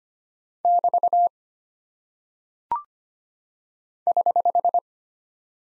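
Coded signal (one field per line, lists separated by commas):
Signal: Morse code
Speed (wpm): 25 wpm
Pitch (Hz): 700 Hz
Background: none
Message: <BT> <HH>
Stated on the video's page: Morse practice drill of punctuation and prosign characters at 25 wpm, each character sent, spoken, then sent again for head-copy.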